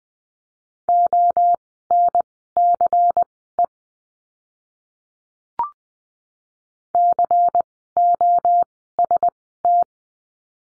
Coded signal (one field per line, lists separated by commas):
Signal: Morse code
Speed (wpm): 19 wpm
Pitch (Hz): 700 Hz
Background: none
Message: ONCE COST